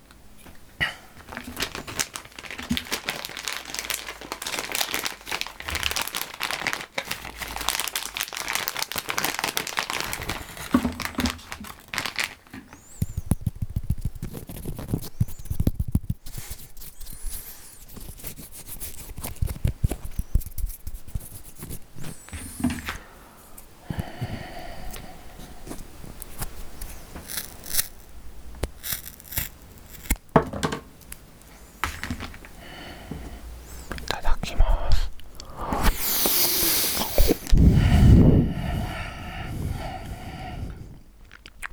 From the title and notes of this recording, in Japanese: 咀嚼音 食べ物を食べる音。ファンのプレゼントお菓子。